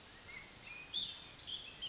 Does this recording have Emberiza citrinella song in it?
no